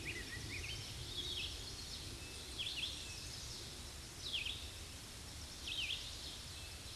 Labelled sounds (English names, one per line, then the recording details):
Red-eyed Vireo song
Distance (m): 50 m
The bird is about 10 m above the microphone
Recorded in a Pennsylvania forest on 16 May 2024 at 07:00
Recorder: AudioMoth, point MSD-2456
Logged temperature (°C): 16.4 °C
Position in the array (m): 171 m, 70 m